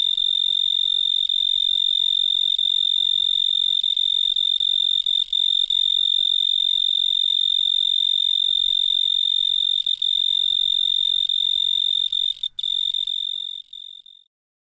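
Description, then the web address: Pine tree cricket song, a steady high continuous trill lasting about fourteen seconds, then fading out. "The Songs of Insects. Pine Tree Cricket"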